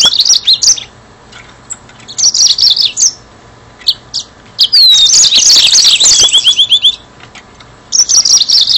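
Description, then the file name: Yellow-fronted canary song: bright, high twittering phrases in short bursts, then a fast run of repeated notes and a rapid trill, with brief pauses between bursts. "mozambik"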